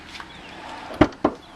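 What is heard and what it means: On a 2007 Toyota Prius, the trunk latch is tested after its latch button has been replaced and the trim refitted. After a faint tick at 0.2 s, two sharp knock-like clicks come at 1.0 and 1.3 seconds as the latch releases the trunk lid. The trunk latch clicks open, confirming the repair works.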